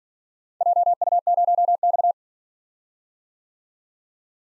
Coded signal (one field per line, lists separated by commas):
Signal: Morse code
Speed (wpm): 47 wpm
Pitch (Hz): 700 Hz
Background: none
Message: JU0X